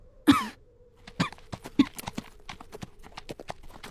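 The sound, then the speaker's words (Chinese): A few low, rough coughs, the first one loudest, from a pale rider gazing at a lone gravestone before a burial pit below Qingnan Mountain after a long journey, break through a steady series of sharp hoof-like clip-clops that keep ticking along underneath. “他望着坑冢前那座孤独的墓碑，低低咳嗽了几声，脸色因长途跋涉愈加苍白。”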